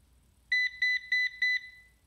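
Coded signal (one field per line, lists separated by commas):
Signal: beep code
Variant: Ecovacs DEEBOT robot vacuum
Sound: four short, evenly spaced, high electronic beeps in quick succession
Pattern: 4 short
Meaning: The robot vacuum is signalling an error after docking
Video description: Every time it would dock after vacuuming, it would wait about 1 minute then start beeping. It would beep 4 times, wait a few seconds, then beep another 4 times, repeating the process a total of 5 times.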